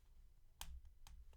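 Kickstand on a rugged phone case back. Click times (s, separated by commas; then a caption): 0.6 s, 1.1 s. The plastic kickstand on the back of a rugged Spigen Tough Armor case for an iPhone 12 Pro Max is flipped out, giving sharp, bright snaps at 0.6 s and 1.1 s over a quiet background. Though the kickstand is flimsy, it snaps into place.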